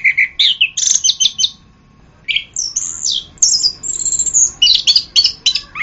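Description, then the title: Orange-headed thrush song with high whistled and buzzy phrases, a brief pause, then more rapid varied notes. "anis kembang"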